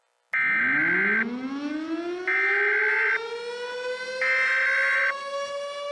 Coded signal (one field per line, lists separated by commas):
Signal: Emergency Alert System (SAME) tones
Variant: header bursts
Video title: Shreveport Tornado Disaster: An EAS Mock